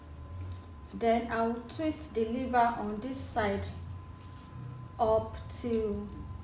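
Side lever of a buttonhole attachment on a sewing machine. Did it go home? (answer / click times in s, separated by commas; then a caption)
no / none. A woman talks while handling the side lever of a buttonhole attachment on a manual sewing machine, getting ready to twist it up into its detent. Her speech fills the clip over a low background hum. Nothing has clicked or seated yet.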